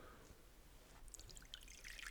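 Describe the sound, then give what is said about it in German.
Wine is poured by trembling hands into a drinking bowl, a soft splashing trickle that grows brighter and more gurgling over a couple of seconds, with no voices. “Zieh dich an und gieß den Wein ein für mich und die Dame Zoe.”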